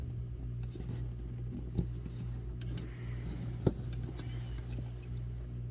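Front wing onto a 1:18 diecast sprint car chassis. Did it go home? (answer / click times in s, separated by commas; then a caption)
no / none. A plastic front wing is handled onto its mounts on a 1:18 diecast sprint car chassis, with small taps and clicks of handling over a steady low hum. Sharp transients stand out near 1.8, 2.8 and 3.7 seconds. The wing has not snapped into place or seated yet.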